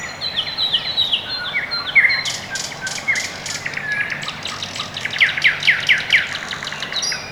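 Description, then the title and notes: Several birds singing together: a series of whistles opens, followed by dense bursts of rapid chirping and trills. Quiet early morning in Orekhovo-Borisovo Severnoye district, Moscow, Russia; recorded with Sony ECM-MS2 microphone into Marantz PMD-661; processed with EQ and gain. "район Орехово-Борисово Северное, Москва, Россия - Morning birds. Quiet early morning"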